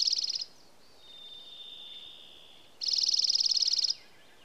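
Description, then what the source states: Dark-eyed junco giving a quick, level trill, then after a long, thin, steady whistle, a second rapid pulsing trill of about one second. Alaska, 24 May 2026, 03:24:35.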